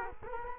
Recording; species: mosquito wingbeat signal from an infrared sensor; Culex quinquefasciatus